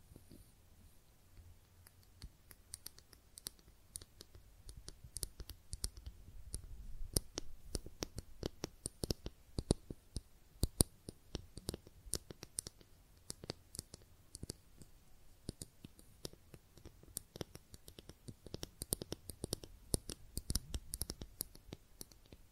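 Makeup being tapped and scratched: a dense run of sharp, crisp clicks and taps, irregular but nearly continuous for the whole stretch. Some hits land harder, with a slight low thud underneath, and a faint scratchy rustle fills the gaps between them.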